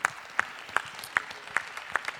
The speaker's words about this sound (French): Merci beaucoup, on peut l'applaudir.